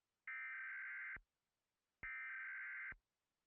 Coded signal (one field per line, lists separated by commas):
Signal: Emergency Alert System (SAME) tones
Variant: header bursts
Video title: Where There's Fear Pilot: EAS